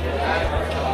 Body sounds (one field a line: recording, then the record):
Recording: background sound without coughing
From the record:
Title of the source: CITY SOUNDS Busy Bar in the Evening Night - 2 HOURS of Ambiance for Relaxation